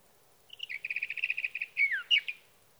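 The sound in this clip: Sage thrasher song: a run of quick repeated notes followed by a few loud, swooping whistled phrases, with faint background hiss.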